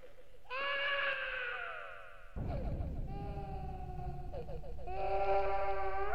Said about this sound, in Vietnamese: Nó vung tay bắn ra mấy chục vong nhi, lao ầm ầm về phía cậu. Tiếng của trẻ con choe choe khóc vang lên giữa đêm, nghe đến rợn cả người.